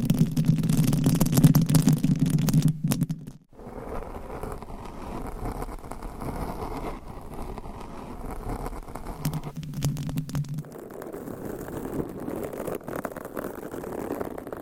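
Scratching and rubbing on a microphone cover: a loud, rough, low buzzing rub for the first three seconds, then a sudden drop to softer, steady brushing. A brief louder rough patch returns around nine to ten seconds before the gentle scraping continues.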